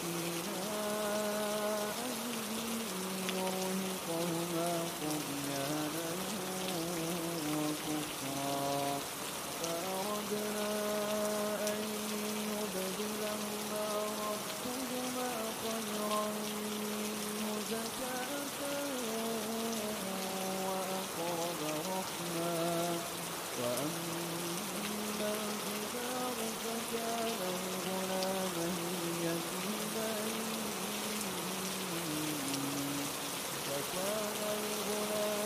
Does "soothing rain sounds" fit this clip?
yes